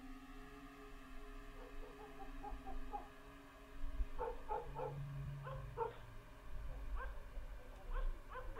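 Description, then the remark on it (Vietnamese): Several village dogs bark and yip in uneven bursts, some high and whiny, over a low steady hum and rumble; a brief low growl sits under the barking midway through. “Chó ở trong thôn bắt đầu gằn lên mà sủa nhấm nha nhấm nhẳng.”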